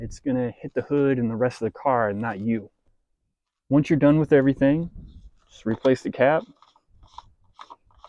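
Someone talks while a plastic screw-on reservoir cap is replaced and turned onto the threads of an engine-bay fluid reservoir. After the talking, short scraping and crunching handling sounds are heard from about 6.8 s to 8.1 s. Nothing has clicked tight yet.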